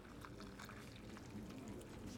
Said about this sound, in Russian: Петренко наливает кофе в чашку.